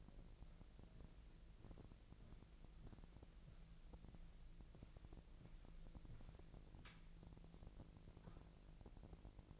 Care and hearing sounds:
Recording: daily activity, microphone in the room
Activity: walk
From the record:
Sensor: 5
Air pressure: 1002.1 hPa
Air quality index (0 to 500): 243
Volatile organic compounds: 28 ppm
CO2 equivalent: 2916 ppm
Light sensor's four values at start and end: 33/77/32/35 and 33/77/32/35

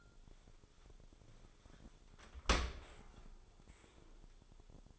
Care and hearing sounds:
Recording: daily activity, microphone in the room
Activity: open dishwasher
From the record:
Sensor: 5

